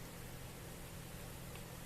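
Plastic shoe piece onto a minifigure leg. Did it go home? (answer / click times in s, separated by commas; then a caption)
no / none. A small plastic shoe piece is being lined up on a minifigure leg before it is pushed home, with fiddly handling against a steady broadband hiss and low hum. The shoe has not clicked or seated yet.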